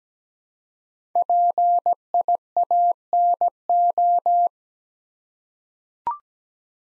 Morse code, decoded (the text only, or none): PIANO